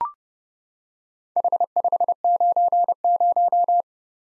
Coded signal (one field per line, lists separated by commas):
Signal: Morse code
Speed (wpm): 30 wpm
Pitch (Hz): 700 Hz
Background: none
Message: H590